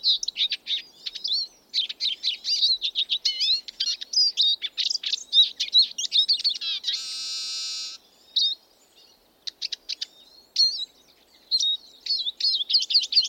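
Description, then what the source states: Eurasian siskin song, a rapid high twitter of varied chirps and trills with a short drawn-out buzzy wheeze in the middle, followed by scattered sharper notes. Male song, given perched or in song flight, incorporating contact calls, with a diagnostic wheeze near the end of each phrase; Border Forest.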